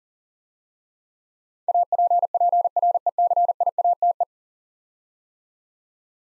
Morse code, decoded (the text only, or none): APPRECIATE